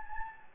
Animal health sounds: mosquito wingbeat signal from an infrared sensor; Anopheles gambiae

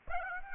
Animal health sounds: mosquito wingbeat signal from an infrared sensor; Aedes aegypti

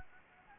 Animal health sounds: mosquito wingbeat signal from an infrared sensor; Anopheles gambiae

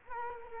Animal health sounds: mosquito wingbeat signal from an infrared sensor; Culex quinquefasciatus

